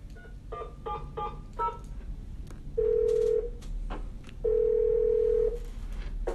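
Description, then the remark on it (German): A quick run of telephone keypad tones beeps out a service number being called, followed by two long, steady ringing tones separated by a short pause. “Sie rufen eine Servicenummer an und hören Folgendes.”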